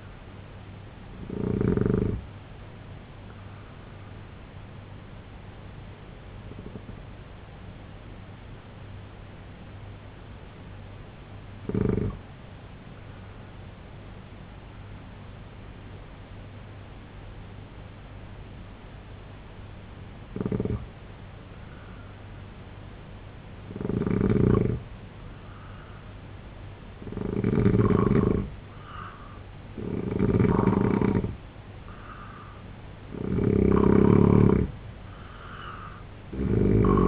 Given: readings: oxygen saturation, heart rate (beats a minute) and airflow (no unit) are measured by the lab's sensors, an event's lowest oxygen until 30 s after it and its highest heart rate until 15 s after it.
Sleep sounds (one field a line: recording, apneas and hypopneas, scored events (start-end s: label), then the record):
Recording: breathing in sleep by a voice recorder at the bedside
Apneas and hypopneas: 1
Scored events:
7.00-26.30 s: hypopnea (N1, oxygen 94% highest, then 85% lowest, heart rate 64 at the start, 83 highest)
21.00-37.08 s: new sleep stage, N2 (light sleep)
From the record:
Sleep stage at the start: N1 (lightest sleep)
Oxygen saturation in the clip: 82 to 94%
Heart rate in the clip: 63 to 82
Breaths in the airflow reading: 7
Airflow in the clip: -3.3 to 5.4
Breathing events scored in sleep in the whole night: 258 in 7.4 hours asleep